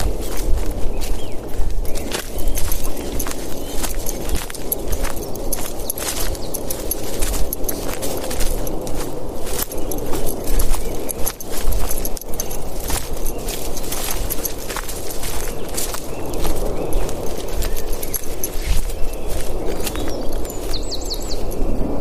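An evening walk with a dog through a forest, footsteps crunching steadily and densely on the ground for the whole stretch. Sharp little snaps and crackles come at irregular moments over a low, constant rumble, and the level stays even throughout.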